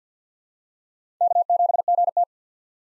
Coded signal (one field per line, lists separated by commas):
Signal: Morse code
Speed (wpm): 46 wpm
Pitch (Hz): 700 Hz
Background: none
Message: K7GT